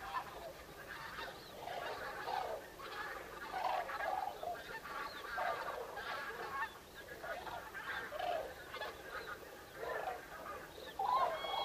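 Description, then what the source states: Common cranes calling together, a chorus of bugling, rolling notes rising and falling in loose waves through the whole stretch. Recorded 5 November 2018.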